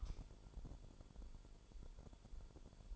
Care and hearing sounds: daily activity, microphone in the room; light on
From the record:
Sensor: 5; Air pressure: 1008.0 hPa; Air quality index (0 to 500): 110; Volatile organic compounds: 1 ppm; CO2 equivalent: 855 ppm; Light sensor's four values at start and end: 30/69/28/27 and 30/70/28/27

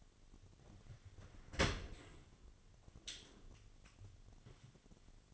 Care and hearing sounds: daily activity, microphone in the room; open dishwasher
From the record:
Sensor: 4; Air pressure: 1007.6 hPa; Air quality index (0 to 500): 198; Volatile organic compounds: 7 ppm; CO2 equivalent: 1983 ppm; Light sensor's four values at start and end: 22/70/26/26 and 22/70/27/26

